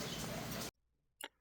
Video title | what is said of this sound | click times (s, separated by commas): SEED PROGRESS | so they just snap into place | 1.2 s